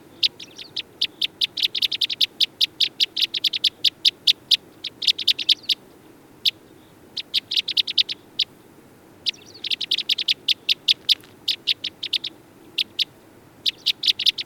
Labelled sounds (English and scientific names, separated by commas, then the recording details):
Red Crossbill (Loxia curvirostra) call
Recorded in the wild
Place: Sibiu, Transilvania, RO
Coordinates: 45.803, 24.145
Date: 1976-05-20
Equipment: Nagra III BH, Sennheiser MD 21, parabola
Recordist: Schubert, Michael
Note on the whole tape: Gruppe Fichtenkreuzschnäbel, starkes Locken